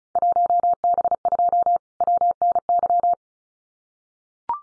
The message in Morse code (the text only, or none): 1B2 WNY